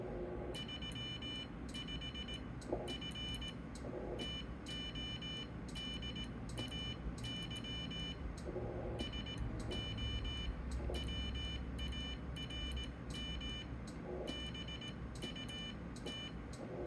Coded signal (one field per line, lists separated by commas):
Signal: Morse code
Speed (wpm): 17 wpm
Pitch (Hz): 3000 Hz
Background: none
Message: 35 F TODAY SO WARM BUT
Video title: Flex Radio 1500 on CW QSO.